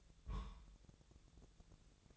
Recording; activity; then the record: daily activity, microphone in the room; place on stove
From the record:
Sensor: 3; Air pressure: 999.4 hPa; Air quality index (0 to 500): 196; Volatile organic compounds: 42 ppm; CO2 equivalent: 3186 ppm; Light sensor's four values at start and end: 7/18/7/7 and 7/18/7/7